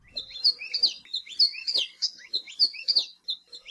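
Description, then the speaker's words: Maui alauahio song: a lively run of high chirpy, slurred notes mixing upward and downward sweeps, delivered in quick irregular phrases. Song of a small hopping insectivorous Hawaiian honeycreeper found only on Maui; the song is described as warbling. "On today's Manu Minute, we've got the song of a little hopping honeycreeper found only on Maui."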